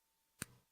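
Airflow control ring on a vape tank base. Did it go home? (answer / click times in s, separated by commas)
yes / 0.4 s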